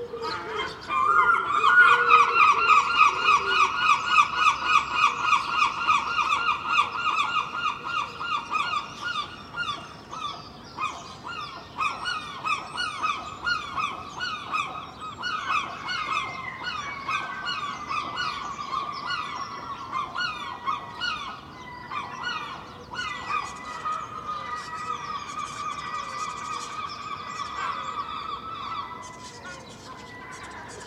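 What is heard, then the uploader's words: Seagulls call insistently in Filey, their rapid, honking cries loudest over the first ten seconds, then continuing in bursts of yelping notes that slowly thin out. Other birds chatter among them, and a faint, steady rumble of the sea lies underneath. Early morning recording I made in Filey last April (2023) from a second storey window using Clippy microphones and a Roland R-07. There are many other birds and the faint rumble of the sea in this recording too!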